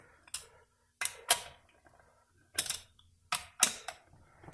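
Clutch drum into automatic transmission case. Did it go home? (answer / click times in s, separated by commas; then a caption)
yes / 3.6 s. A clutch drum with its snap ring area is worked down by hand into a Dodge 46RE automatic transmission case, producing a series of sharp metallic clicks and clatters as it settles. It drops and snaps into place at 3.6 seconds, seating correctly.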